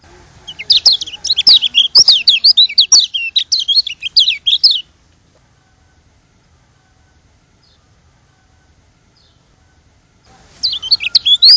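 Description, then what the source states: White-eye song: a long, rapid outpouring of high, chirpy, warbled notes lasting over four seconds, silence, then the twittering starts again. Lombok.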